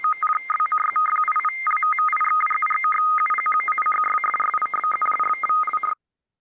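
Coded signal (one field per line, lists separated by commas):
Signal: RTTY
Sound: rapid warbling alternation between two tones, one low and one high, for six seconds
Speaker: during the war Second World War uh they decided to uh use that for uh radio so it came up with this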